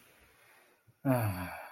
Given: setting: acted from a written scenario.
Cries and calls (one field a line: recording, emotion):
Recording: vocal sound without words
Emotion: relief